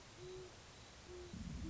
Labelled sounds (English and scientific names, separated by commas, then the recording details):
Great Horned Owl (Bubo virginianus)
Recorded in Sonoma County, California